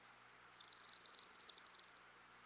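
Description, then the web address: Orange-crowned Warbler song, a single high, fast trill of evenly spaced notes lasting about one and a half seconds, swelling slightly then stopping abruptly. Recorded in western North America. "Dan Gibson Wildlife Identification By Sound, Western North America. Orange-Crowned Warbler"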